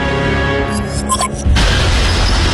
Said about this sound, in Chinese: 炸弹爆炸后这张笨重的桌子救了希特勒一命，他转移了爆炸气流炸死了两名将军，而希特勒只是受了轻伤。